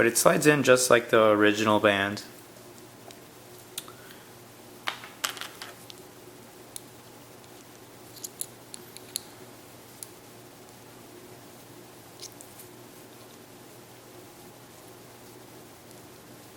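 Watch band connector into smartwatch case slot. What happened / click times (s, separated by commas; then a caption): The band connector is being slid in but has not clicked home yet / none. Someone talks briefly at the start while an aftermarket classic buckle replacement band (under $50) has its connector slid into the band slot of an Apple Watch case, followed by quiet handling with a few short, sharp ticks over a low steady hum. The band is still being handled and has not gone home; nothing has seated or clicked yet.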